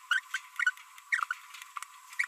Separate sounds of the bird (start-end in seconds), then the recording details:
0.11-0.19, 0.34-0.38, 1.12-1.25, 2.19-2.25. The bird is a female. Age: 27 days. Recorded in a nest box in Venezuela. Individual 17B42B3